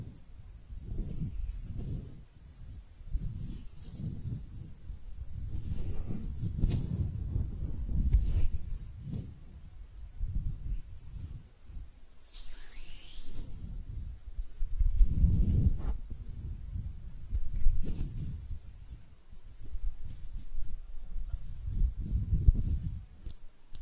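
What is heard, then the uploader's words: Hands rub and brush together in repeated, uneven strokes, each one a dull low rustle with a thin airy hiss above it. The strokes come in waves every second or two, with a brief quiet lull around twelve seconds and stronger rubs near fifteen. ASMR Relaxing Hand Sounds (No Talking).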